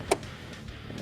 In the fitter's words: hear it click and then turn it counterclockwise to lock it